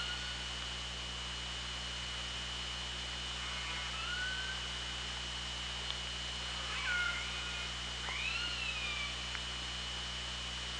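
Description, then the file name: Killer whale calls underwater: a short tonal call near four seconds, then rising and falling harmonic calls around seven and eight seconds over steady hiss and a constant hum. Hydrophone at OrcaLab, 24 August 2017, 18:23. "Orca Lab UTLN JASON 20170824 182356"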